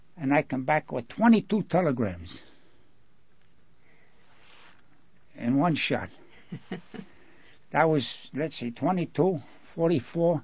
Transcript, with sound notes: and I come back with twenty-two telegrams in one shot. (laughs) That was, let's see, twenty-two, forty-five,